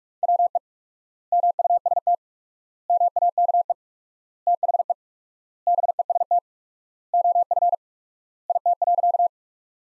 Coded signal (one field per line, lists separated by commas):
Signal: Morse code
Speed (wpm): 41 wpm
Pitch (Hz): 700 Hz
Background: none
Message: WE MUST MAKE THE BEST OF IT.